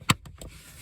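A plastic engine cover on a 2014 Opel Corsa D 1.4 is pushed back down onto the engine until its clips snap into place. A sharp click at 0.1 s is followed by two fainter ticks. The cover is seated.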